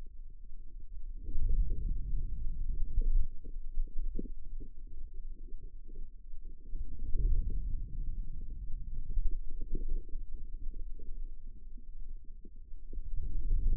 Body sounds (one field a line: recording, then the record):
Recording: forearm muscle sounds (acoustic myography)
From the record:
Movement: ulnar deviation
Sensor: system 2, bracelet of six BSWA MPA416 microphones around the upper forearm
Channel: 6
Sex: female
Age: 25 years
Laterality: right